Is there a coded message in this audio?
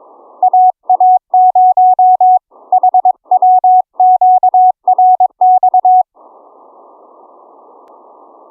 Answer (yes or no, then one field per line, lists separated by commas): yes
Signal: Morse code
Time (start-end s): 0.4-6.0 s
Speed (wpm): 22 wpm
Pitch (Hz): 740 Hz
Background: none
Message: AA0HW QRX